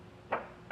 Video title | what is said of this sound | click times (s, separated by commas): Mount: Firestone Airide Red Label Extreme Duty Air Helper Springs on a 2024 Ford F-350 Super Duty | we've got it locked into place | 0.3 s, 0.7 s